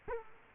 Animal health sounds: mosquito wingbeat signal from an infrared sensor; Culex quinquefasciatus

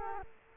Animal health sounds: mosquito wingbeat signal from an infrared sensor; Culex quinquefasciatus

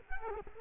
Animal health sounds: mosquito wingbeat signal from an infrared sensor; Culex quinquefasciatus

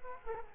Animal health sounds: mosquito wingbeat signal from an infrared sensor; Culex quinquefasciatus

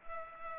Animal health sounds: mosquito wingbeat signal from an infrared sensor; Culex pipiens

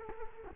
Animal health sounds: mosquito wingbeat signal from an infrared sensor; Culex quinquefasciatus

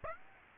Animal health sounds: mosquito wingbeat signal from an infrared sensor; Aedes aegypti

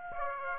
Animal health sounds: mosquito wingbeat signal from an infrared sensor; Aedes aegypti

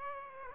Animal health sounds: mosquito wingbeat signal from an infrared sensor; Aedes aegypti

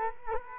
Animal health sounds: mosquito wingbeat signal from an infrared sensor; Culex quinquefasciatus

